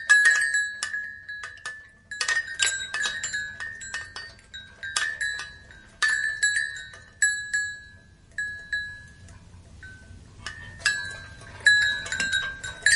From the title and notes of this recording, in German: Tauche ein in die harmonischen Töne, die der Wind durch die feinen Schwingungen der Windspiele erzeugt. Zauberhaften Melodie der Metall- oder Holzröhren.